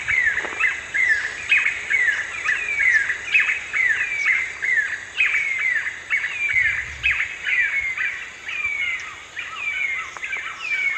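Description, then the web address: Yellow-billed nunbird giving a rapid series of downslurred notes, with a few sharp clicks. Recorded in the eastern lowlands of South America. "Natures Songs S America Eastern Lowlands. Yellow-billed Nunbird"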